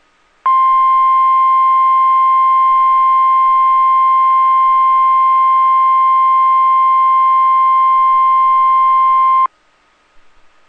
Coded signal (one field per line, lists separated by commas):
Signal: Emergency Alert System (SAME) tones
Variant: 1050 Hz attention tone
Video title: 5/4/22 - WNG676 Required Weekly Test (EAS #457)